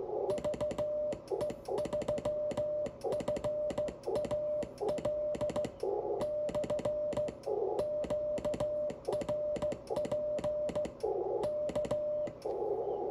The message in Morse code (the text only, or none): VE3FAL/QRP K